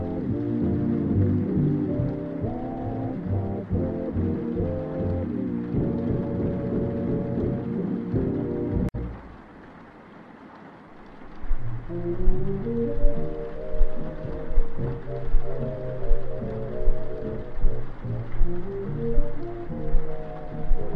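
Oldies music plays from another room, muffled and low, with a steady hiss like rain underneath. Around nine seconds the song ends and it goes quiet, then a new tune starts with a regular, pulsing bass rhythm.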